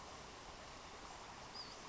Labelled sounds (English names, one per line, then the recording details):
Western Flycatcher
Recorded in Sonoma County, California